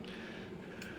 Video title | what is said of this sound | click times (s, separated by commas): RVR 02 BULDING TRAINS | I just take my little uncoupling tool and give it a little tap and she'll click right in. | 0.8 s